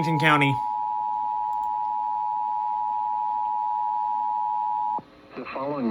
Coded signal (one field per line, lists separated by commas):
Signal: Emergency Alert System (SAME) tones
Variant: 853 and 960 Hz attention tone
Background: speech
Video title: HEY STERLING - YA DONE YET?????? EAS 1144 - 1204